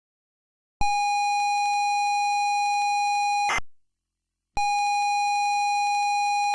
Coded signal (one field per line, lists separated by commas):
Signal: ZX Spectrum tape loading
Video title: ZX Spectrum Loading Screen (AI 3)